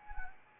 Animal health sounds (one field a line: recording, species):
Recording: mosquito wingbeat signal from an infrared sensor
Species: Anopheles arabiensis